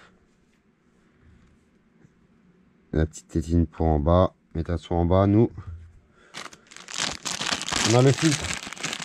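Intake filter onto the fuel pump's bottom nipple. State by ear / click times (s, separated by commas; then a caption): not seated / none. A mechanic works an intake filter onto the bottom nipple of the fuel pump on a 2010–2023 Suzuki RM-Z 250 motocross bike. Someone talks, then crinkly, rustling handling noise brings sharp ticks at 7.0, 7.2, 7.3, 7.5, 7.6, 7.7 and 8.9 seconds. Nothing has seated or clicked into place yet.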